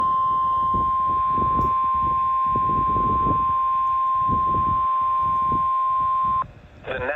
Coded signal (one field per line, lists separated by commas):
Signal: Emergency Alert System (SAME) tones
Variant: 1050 Hz attention tone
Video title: (EAS #453) Severe Thunderstorm Warning for Green and Rock, Wisconsin